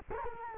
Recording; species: mosquito wingbeat signal from an infrared sensor; Culex quinquefasciatus